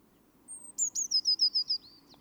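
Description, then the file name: Eurasian blue tit: a sharp high steady note followed by several quick notes stepping downward, over a faint low hum. "Cyanistes caeruleus"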